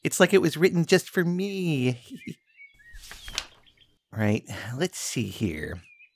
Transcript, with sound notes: It's like it was written just for meeee. Hehe. [Page flipping] Right, let's see here.